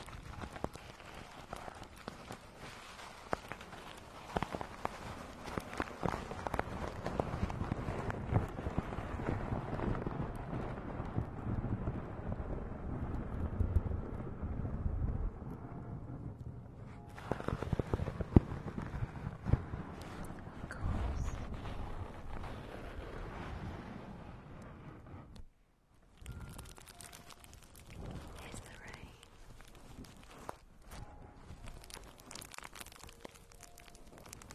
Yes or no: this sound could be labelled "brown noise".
no